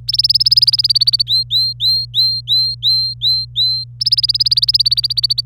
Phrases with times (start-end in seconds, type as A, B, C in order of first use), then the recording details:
0.08-1.22 A, 1.27-3.84 B, 4.00-5.41 A. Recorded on 25 April 2018 at 14:53. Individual llb3